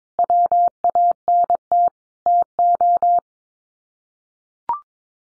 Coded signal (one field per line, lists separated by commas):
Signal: Morse code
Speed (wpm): 22 wpm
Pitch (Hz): 700 Hz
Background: none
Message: WANT TO